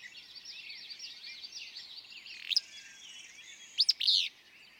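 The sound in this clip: Willow flycatcher song, a brief high note midway then a full sneezy, burry phrase near the end, over dense background bird chatter.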